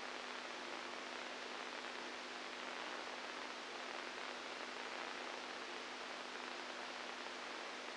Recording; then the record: brain microelectrode recording played as sound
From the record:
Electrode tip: inside the subthalamic nucleus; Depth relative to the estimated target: 0 mm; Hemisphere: right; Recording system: NeuroSet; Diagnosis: Parkinson's disease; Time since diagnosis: 10 years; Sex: female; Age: 67 years